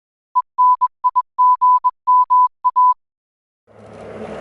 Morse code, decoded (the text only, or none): ENIGMA